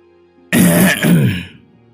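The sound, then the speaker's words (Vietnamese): A man clears his throat in two quick, rasping pushes, loud and low-pitched, then falls quiet. No talking. “Đang lúc hai người ôm nhau âu yếm, liền nghe tiếng hắng giọng.”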